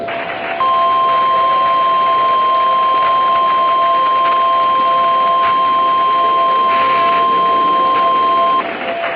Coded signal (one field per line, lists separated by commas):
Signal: Emergency Alert System (SAME) tones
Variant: 1050 Hz attention tone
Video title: [EAS SCENARIO / ANALOG HORROR] - THE WATCHER'S OUTBREAK